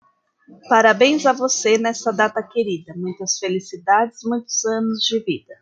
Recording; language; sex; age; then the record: short text; Brazilian Portuguese; female; 30 to 39 years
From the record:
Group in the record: control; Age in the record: 39 years